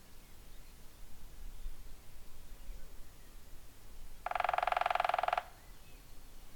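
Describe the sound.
Woodpecker drumming: one quick, steady burst of resonant taps lasting just over a second, with low rumbling background noise.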